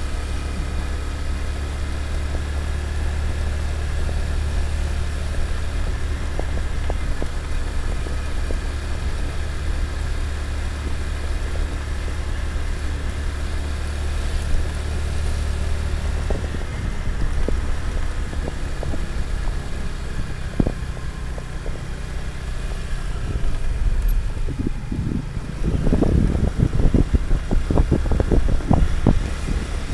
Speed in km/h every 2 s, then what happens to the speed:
24, 25, 26, 25, 25, 26, 26, 27, 26, 24, 21, 17, 13, 16, 18.
0-15 steady at about 25. 15-23 slows to 13. 23-30 steady at about 16.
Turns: none.